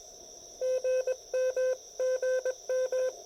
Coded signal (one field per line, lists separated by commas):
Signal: Morse code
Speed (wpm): 23 wpm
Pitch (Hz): 530 Hz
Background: none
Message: GM GM